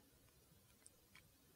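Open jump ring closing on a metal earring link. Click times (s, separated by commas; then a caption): 0.9 s. An open jump ring carrying a glass dagger bead is worked back and forth to close it on the same hole of a metal fan earring link. A short, sharp snap at 0.9 s marks the ring closing, and a second, softer tick follows at about 1.2 s. The jump ring is seated and secure.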